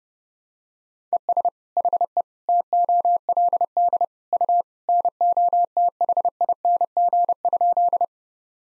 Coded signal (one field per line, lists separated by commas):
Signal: Morse code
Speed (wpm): 32 wpm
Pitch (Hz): 700 Hz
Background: none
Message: ES HE TOLD U NOTHING?